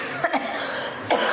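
Three short, sharp adult coughs, two close together then one more, against quiet room noise, from a cough that is still lingering.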